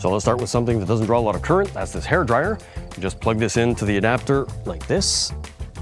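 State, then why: Not seated. A hair dryer's two-prong plug is handled toward the outlet of a vehicle-to-load (V2L) adapter while someone talks over background music. The plug has not seated yet and the adapter has not clicked on.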